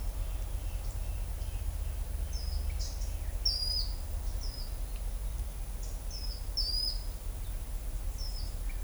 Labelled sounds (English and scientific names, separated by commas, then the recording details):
Ochre-lored Flatbill (Tolmomyias flaviventris)
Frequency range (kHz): Ochre-lored Flatbill (Tolmomyias flaviventris) 3.9-6.7 kHz
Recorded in shrubland near Pivijay, Magdalena, Colombia, on 2 June 2023 at 13:00
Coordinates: 10.453, -74.365
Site P5-G022